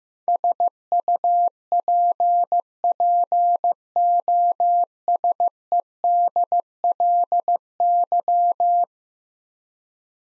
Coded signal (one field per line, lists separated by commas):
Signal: Morse code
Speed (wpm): 15 wpm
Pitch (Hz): 700 Hz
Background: none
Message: SUPPOSEDLY